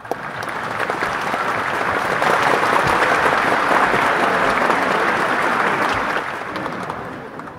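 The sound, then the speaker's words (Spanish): A hall audience bursts into applause as a speaker finishes his presentation, some listeners rising to their feet: dense, steady clapping from many hands swells to a full roar, holds for several seconds, then begins to taper off at the end. “Cuando Descartes termina su exposición, todo el salón estalló en aplausos.”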